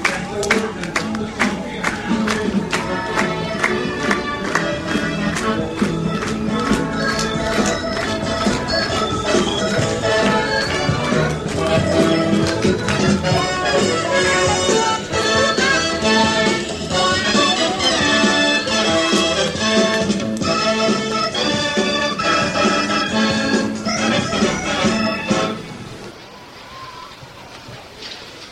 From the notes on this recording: a trip to Disneyland